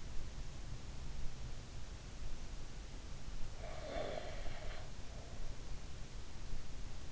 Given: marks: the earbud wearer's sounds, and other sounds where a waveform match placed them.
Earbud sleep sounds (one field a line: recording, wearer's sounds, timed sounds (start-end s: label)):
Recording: sounds in sleep by an in-ear microphone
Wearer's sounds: breath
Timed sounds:
3.55-6.07 s: breath